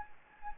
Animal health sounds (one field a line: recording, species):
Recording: mosquito wingbeat signal from an infrared sensor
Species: Anopheles gambiae